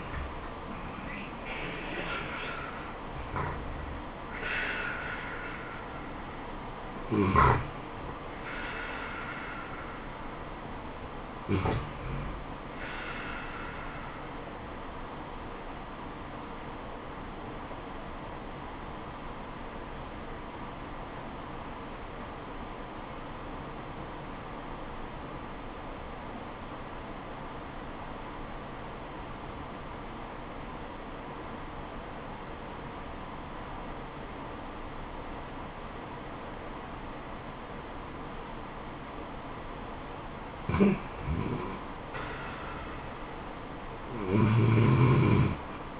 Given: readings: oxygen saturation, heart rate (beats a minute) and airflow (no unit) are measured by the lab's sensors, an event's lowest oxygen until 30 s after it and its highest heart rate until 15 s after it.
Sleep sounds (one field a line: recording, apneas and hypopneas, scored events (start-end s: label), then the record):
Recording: breathing in sleep by a voice recorder at the bedside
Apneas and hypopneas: 1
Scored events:
19.00-41.30 s: obstructive apnea (N2, oxygen 96% highest, then 84% lowest, heart rate 74 at the start, 78 highest)
From the record:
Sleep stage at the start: N2 (light sleep)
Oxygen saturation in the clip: 78 to 96%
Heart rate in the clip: 63 to 79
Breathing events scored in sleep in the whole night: 426 in 7.4 hours asleep